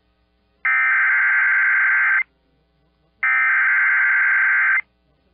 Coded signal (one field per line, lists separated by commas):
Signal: Emergency Alert System (SAME) tones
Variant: header bursts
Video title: EAS Timeline: Catastrophic Hurricane Fiona Makes Landfall in Puerto Rico NOAA Weather Radio/TV